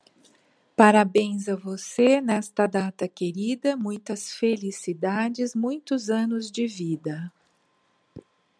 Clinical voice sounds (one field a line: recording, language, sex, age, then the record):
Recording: short text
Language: Brazilian Portuguese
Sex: female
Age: 50 to 59 years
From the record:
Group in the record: control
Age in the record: 57 years